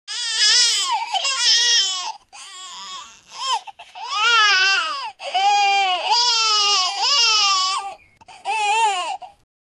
Baby crying older newborn.